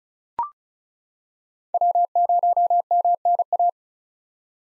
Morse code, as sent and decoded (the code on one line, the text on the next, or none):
.-- ----- -- -. .-
W0MNA